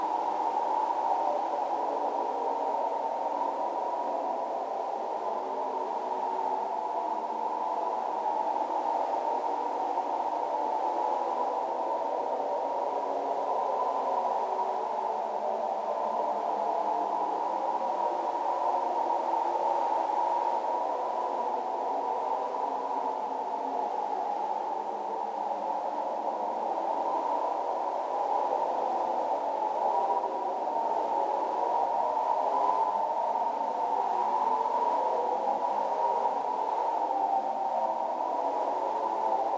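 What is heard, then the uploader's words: An eerie wind ambience holds steady for the whole stretch: a dense, rushing hiss confined to a hollow middle band, with no deep rumble beneath and little brightness above. Faint swirling shifts move within it, but the level never rises or falls. Other-Worldly Wind Ambience.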